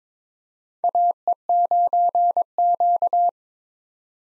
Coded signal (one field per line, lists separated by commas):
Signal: Morse code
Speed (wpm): 22 wpm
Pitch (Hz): 700 Hz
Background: none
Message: AE9Q